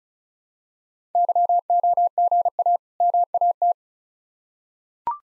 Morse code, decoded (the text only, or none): YOGA MAT